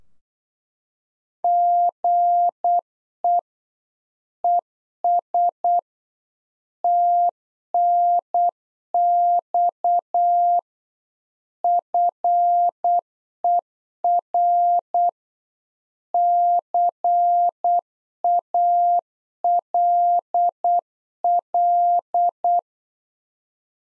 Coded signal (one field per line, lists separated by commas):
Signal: Morse code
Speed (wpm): 8 wpm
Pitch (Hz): 700 Hz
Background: none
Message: GE ES TNX FER CALL